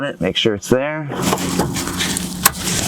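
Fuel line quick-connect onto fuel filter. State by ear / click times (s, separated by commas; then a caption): seated / 2.5 s. Someone talks as a fuel line quick-connect coupling is pushed onto the fuel filter of a 2014–2018 Volkswagen Jetta VI 1.8T. A sharp click sounds at 2.5 s over a steady low hum, and the coupling is seated on the filter.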